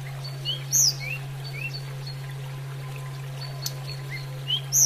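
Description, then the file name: Sunda robin giving clear whistles and bright upward-sweeping notes spaced throughout, with a steady low hum underneath. Used for training cage birds, Indonesia. "terapi burung tledekan"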